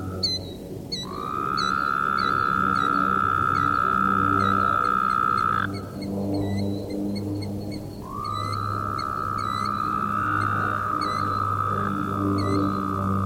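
Woodhouse's toad giving long buzzy drones separated by a short pause, over a low pulsing hum and a steady run of tiny high chirps.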